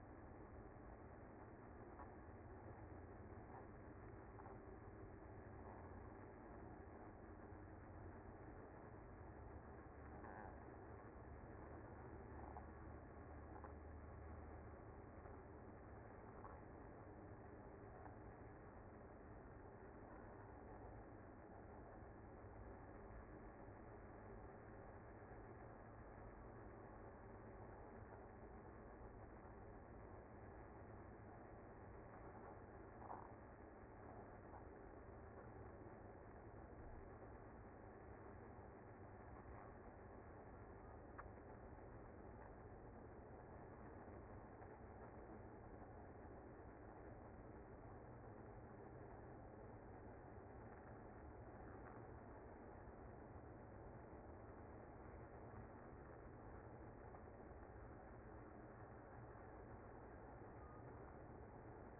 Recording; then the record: honeybee colony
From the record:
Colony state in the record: active